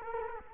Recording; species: mosquito wingbeat signal from an infrared sensor; Culex quinquefasciatus